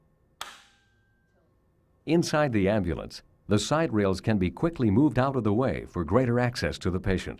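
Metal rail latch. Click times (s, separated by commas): 0.4 s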